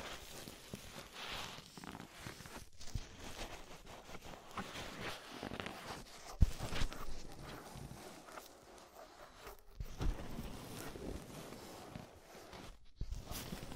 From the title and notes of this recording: Inner and Outer Ear Scraping (No Talking).